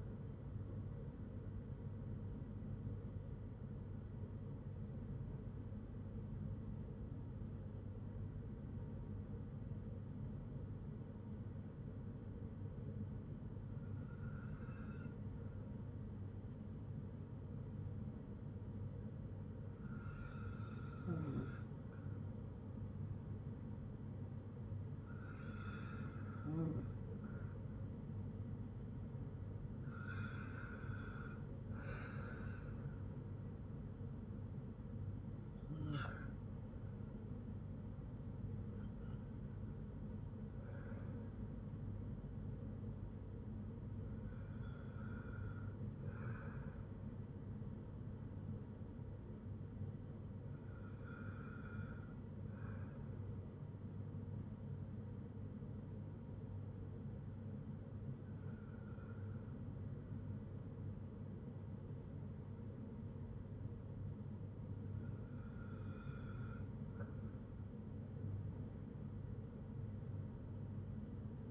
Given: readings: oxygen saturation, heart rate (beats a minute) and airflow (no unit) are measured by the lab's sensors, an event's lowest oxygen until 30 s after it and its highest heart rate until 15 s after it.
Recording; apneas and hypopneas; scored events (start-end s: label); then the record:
breathing in sleep by a smartphone at the bedside; 1
3.00-20.80 s: hypopnea (N2, oxygen 96% highest, then 94% lowest, heart rate 54 at the start, 57 highest)
From the record:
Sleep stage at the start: N2 (light sleep); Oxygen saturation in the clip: 94 to 97%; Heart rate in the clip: 52 to 58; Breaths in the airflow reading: 12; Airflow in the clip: -6.5 to 6.0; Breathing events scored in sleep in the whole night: 182 in 7.4 hours asleep